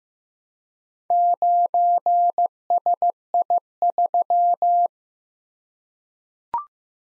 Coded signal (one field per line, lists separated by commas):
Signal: Morse code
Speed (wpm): 15 wpm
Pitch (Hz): 700 Hz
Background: none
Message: 9SI3